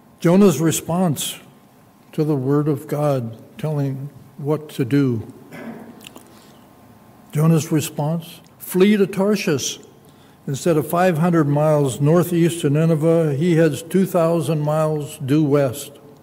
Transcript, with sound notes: Jonah's response to the word of God telling what to do. [clears throat] Jonah's response, flee to Tarsus. Instead of 500 miles northeast of Nineveh, he heads 2,000 miles due west.